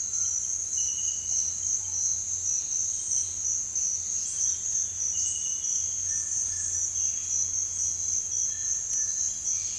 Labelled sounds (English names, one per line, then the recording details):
none
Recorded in dense forest near Puerto Asís, Putumayo, Colombia, on 26 December 2024 at 07:00
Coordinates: 0.468, -76.322
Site G071